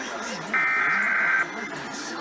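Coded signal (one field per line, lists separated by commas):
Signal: Emergency Alert System (SAME) tones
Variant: header bursts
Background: speech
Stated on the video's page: Real Required Monthly Tests received in Los Angeles.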